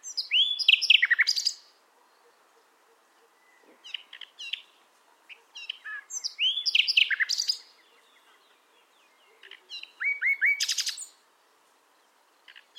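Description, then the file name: Common nightingale song: varied phrases of rich whistles, sharp rising notes and rapid buzzy trills in bursts separated by short pauses. "Luscinia megarhynchos"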